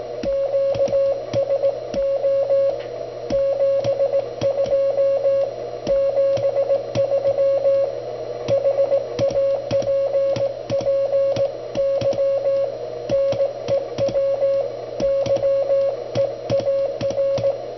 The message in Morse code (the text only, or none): QSO 72 73 HAPPY NEW YEAR